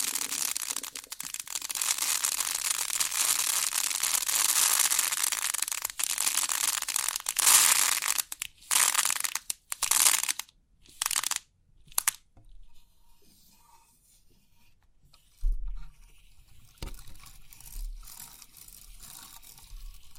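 Crisp pin art being pressed and shuffled, a dense hissing crackle of many tiny pins that fills the first eight seconds. Around 8 to 12 seconds it breaks into short bursts with gaps, then falls mostly quiet, with a few soft low bumps near 15 and 17 seconds.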